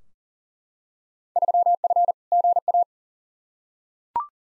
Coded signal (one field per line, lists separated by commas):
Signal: Morse code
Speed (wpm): 40 wpm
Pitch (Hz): 700 Hz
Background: none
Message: 3F GA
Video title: Field Day Exchange v2 - 40wpm